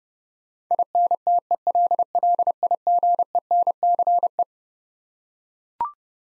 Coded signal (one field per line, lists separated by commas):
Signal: Morse code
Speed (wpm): 30 wpm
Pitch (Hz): 700 Hz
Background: none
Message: INTELLIGENCE